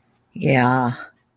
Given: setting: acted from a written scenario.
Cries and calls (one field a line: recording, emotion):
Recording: vocal sound without words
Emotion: shame